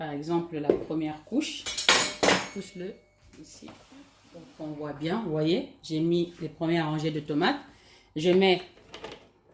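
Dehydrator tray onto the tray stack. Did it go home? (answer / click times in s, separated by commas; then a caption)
yes / 8.9 s, 9.0 s. A plastic food dehydrator tray is placed onto the tray stack, which already holds a first layer with rows of tomatoes, while someone talks. Two short, sharp clicks at 8.9 s and 9.1 s show the tray seating into the stack, and it is confirmed properly engaged.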